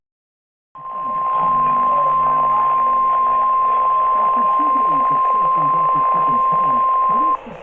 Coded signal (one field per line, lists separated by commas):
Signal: Emergency Alert System (SAME) tones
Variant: 1050 Hz attention tone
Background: speech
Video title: EAS Alerts